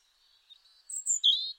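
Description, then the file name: European robin song fragment: a quiet thin wavering tone followed by brief, louder high whistles that end abruptly. "Erithacus rubecula"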